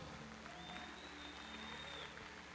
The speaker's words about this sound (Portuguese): Quem ama almas aqui, pode dar um aplauso para o Senhor.